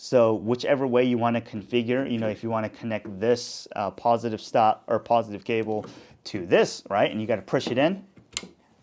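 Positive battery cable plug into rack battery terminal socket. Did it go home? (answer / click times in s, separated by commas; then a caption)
yes / 8.4 s. Someone talks while pushing the positive cable plug into the terminal socket of an AOLITHIUM 51.2V 100Ah server rack lithium LiFePO4 battery, paired with an EG4 6500/6000XP. At 8.4 s a short, sharp click is heard as the plug seats and locks in.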